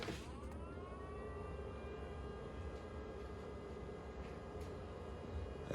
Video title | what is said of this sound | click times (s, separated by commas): Model (RY401210) I’m liking this Ryobi electric lawnmower | let me snap it in there you can hear it | 0.0 s